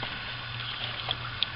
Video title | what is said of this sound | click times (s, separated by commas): How To Replace Spark Plugs, Wires, Cap and Rotor 1996-1998 Chevy GMC Truck 5.7 Vortec Tune Up | Just snap it | 1.4 s